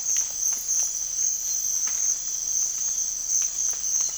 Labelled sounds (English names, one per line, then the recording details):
none
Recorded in dense forest near Puerto Asís, Putumayo, Colombia, on 20 December 2024 at 04:30
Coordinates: 0.481, -76.323
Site G100